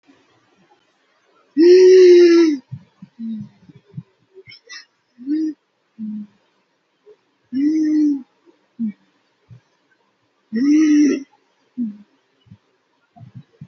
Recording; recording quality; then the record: deep breathing; excellent, no background noise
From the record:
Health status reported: healthy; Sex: female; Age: 28 years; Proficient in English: yes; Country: India